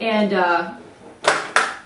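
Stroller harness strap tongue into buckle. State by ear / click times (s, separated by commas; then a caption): seated / 1.6 s. Someone talks briefly, then the tongue of a Britax stroller harness strap is pushed into the plastic harness buckle. A softer sound at about 1.3 s comes before a sharp click at 1.6 s as the buckle snaps in and seats.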